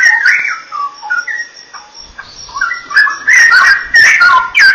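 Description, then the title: Oriental magpie-robin singing varied whistled notes and rising slurs, pausing briefly midway before a louder burst of rich, scratchy phrases with sharp clicks. "Kicau Kacer"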